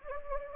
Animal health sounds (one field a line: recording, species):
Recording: mosquito wingbeat signal from an infrared sensor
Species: Anopheles gambiae